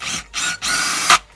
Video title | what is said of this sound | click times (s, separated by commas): [2026] Montage de la structure BlocktoPool en 1,50 m de prof. | Ich schraube die Bohrmaschine auf die Gewindestange, setze sie in den Abstandshalter ein und schiebe sie hinein, bis die Kupplung einrastet. | 1.1 s